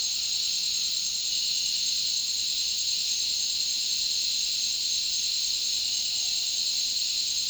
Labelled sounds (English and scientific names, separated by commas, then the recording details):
none
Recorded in dense forest near Puerto Asís, Putumayo, Colombia, on 18 February 2024 at 08:00
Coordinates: 0.499, -76.324
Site G6469